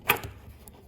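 A drive belt end with a small tooth on the bottom is pushed down into the belt carrier of a BTX Classic drapery track. A sharp tap-like click at 0.1 s marks the tooth locking in place, followed by fainter ticks around 0.2 s and 0.7 s. The belt end is seated.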